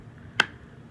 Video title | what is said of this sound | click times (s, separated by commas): Kindle Fire Screen Repair FAST and EASY | there we go see it's popped now it popped it now I can work that edge up see how it's poop and | 0.4 s